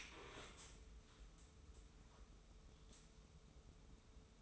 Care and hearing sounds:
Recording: daily activity, microphone in the room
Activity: stand up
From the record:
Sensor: 1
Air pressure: 994.4 hPa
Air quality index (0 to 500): 219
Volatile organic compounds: 1000 ppm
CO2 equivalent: 7852 ppm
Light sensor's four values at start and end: 93/207/92/96 and 101/224/100/106

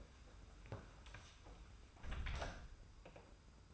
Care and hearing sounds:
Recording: daily activity, microphone in the room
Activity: close door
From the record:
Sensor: 2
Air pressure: 991.4 hPa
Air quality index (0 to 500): 152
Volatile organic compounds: 481 ppm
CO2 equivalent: 4793 ppm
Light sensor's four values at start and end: 32/94/37/35 and 32/95/37/35

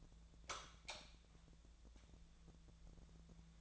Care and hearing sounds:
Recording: daily activity, microphone in the room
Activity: light on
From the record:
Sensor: 3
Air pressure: 1000.0 hPa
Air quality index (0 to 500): 124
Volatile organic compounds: 2 ppm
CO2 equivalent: 1114 ppm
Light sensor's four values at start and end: 27/70/29/32 and 30/78/32/35

